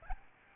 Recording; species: mosquito wingbeat signal from an infrared sensor; Aedes albopictus